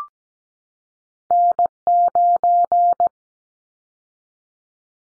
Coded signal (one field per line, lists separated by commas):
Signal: Morse code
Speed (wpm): 17 wpm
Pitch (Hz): 700 Hz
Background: none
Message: N9